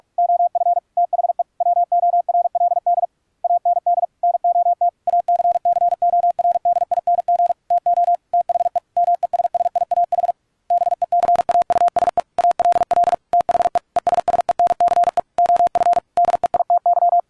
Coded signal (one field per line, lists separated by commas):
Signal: Morse code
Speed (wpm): 46 wpm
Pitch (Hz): 700 Hz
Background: none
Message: OF THE WORLD AND NOT ACCORDING TO THE MESSIAH BECAUSE ALL THE ESSENCE OF DEITY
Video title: Advanced QRQ CW training with MIXXX and VST PLUGINS